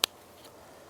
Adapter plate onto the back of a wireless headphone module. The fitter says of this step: and it just simply slides onto the back of the headphone and clicks into place.